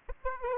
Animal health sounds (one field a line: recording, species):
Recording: mosquito wingbeat signal from an infrared sensor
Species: Aedes aegypti